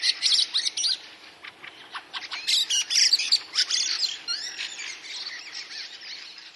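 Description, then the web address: Fieldfare song, a harsh, squeaky chattering of rapid scratchy bursts and grating notes, running almost continuously and rising and falling in loudness. Recorded in spring 2024, week 20. "huomenet-kevat-2024 viikko-20-lintujen-laulu lintujen-laulu rakattirastas räkättirastas"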